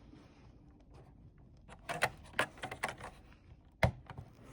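A plastic brick-built race car is pushed onto the storage hooks inside the compartment of a Lego City 60445 F1 transporter truck, with handling clatter around 2.0–2.8 s. A sharp plastic click at 3.8 s shows the car has seated home on the hooks.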